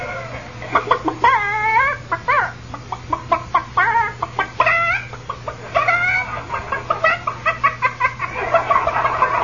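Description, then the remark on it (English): A chicken named Helen, questioned as a witness in a courtroom, clucks in a rapid, uneven stream of short bursts, broken by rising, squawking bawks, fairly loud and continuous for several seconds with no talking over it. “Prosecutor, I can't understand the chicken's answers. Well, Your Honor, she's a chicken.”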